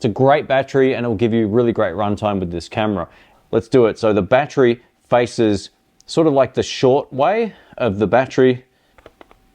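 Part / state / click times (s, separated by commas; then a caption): camera battery into camera body battery compartment / seated / 9.2 s. Someone talks while pushing a rechargeable camera battery into the battery compartment of a Panasonic Lumix G9 II camera body. After the talking stops, a few faint, quick handling ticks are heard near the end. The battery clicks into place and is seated at about 9.2 s.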